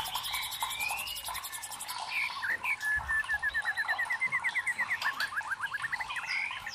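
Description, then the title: White-rumped shama song: varied clear whistles, then a quick run of short repeated notes and rising slurs over a steady hiss, with high buzzy notes early on. Masteran (training recording for cage birds), labelled labaik. "MURAI BATU LABAIK"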